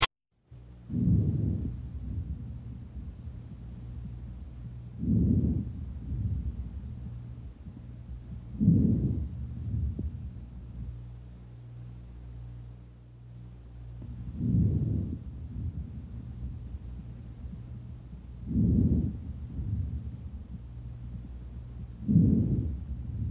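Normal vesicular breath sounds (normal vesicular murmur) heard over an adult chest by stethoscope, with soft low-pitched breaths recurring every few seconds.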